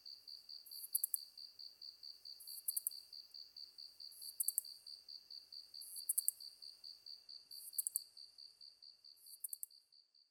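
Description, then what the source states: Ezo katydid song, high sizzling phrases with clicking finishes at regular intervals, accompanied by a quick, metronomic insect pulse train. Recorded 23 August 2010 at 21:31.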